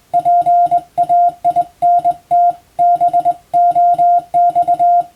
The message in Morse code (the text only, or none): PAINT BOX